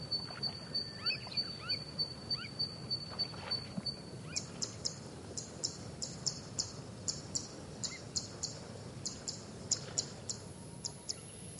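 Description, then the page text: Zitting cisticola's thin high ticks in a quick series, starting partway through, half-buried under heavy hiss, with a high insect-like tone early on. Japanese subspecies brunniceps, recorded in Japan; call is a single 'ti' note, sometimes given repeatedly in series. "棕扇尾鶯. Teruo Furushima, Wild Bird Songs in Japan, 日本 單音的「的」，有時會連續發出 (連結為日本亞種 brunniceps)"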